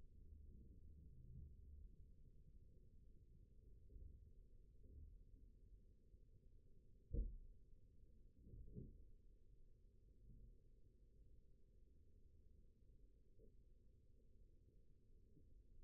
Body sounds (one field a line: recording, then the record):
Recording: forearm muscle sounds (acoustic myography)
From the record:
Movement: rest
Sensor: system 1, eight BSWA MPA416 microphones around the upper forearm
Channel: 1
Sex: male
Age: 20 years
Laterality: left